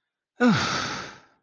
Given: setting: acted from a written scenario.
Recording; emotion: vocal sound without words; relief